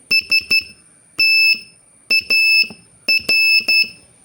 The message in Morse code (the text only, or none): STAR